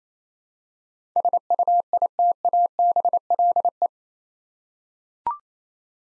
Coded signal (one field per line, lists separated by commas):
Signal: Morse code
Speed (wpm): 27 wpm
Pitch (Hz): 700 Hz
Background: none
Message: SUITABLE